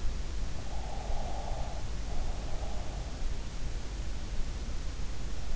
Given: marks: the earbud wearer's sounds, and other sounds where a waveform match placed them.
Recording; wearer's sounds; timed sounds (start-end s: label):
sounds in sleep by an in-ear microphone; breath
0.82-2.82 s: breath